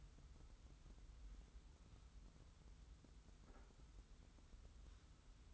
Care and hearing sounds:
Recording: daily activity, microphone in the room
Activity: wipe stove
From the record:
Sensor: 3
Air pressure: 990.5 hPa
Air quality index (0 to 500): 180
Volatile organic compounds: 1000 ppm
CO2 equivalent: 5854 ppm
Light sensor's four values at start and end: 46/109/45/42 and 46/109/45/42

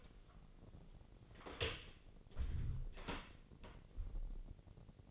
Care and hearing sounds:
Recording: daily activity, microphone in the room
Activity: close door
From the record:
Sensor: 4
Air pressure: 1013.2 hPa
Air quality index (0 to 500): 177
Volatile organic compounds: 2 ppm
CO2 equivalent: 1116 ppm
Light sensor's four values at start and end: 90/225/94/100 and 74/179/76/77

